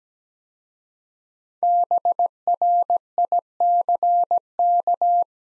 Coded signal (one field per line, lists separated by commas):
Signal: Morse code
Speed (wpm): 17 wpm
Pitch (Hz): 700 Hz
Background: none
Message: BRICK